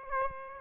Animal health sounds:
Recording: mosquito wingbeat signal from an infrared sensor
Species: Aedes aegypti

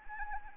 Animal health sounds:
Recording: mosquito wingbeat signal from an infrared sensor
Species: Anopheles arabiensis

